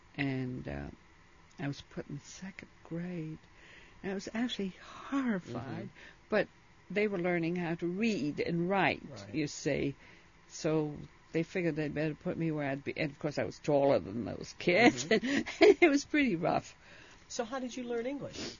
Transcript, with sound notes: And I was put in the second grade, and I was actually horrified, but they were learning how to read and write, you see. So they figured they'd better put me where I'd be, of course, I was taller than those kids. ( she laughs ) It was pretty rough.
So how did you learn English?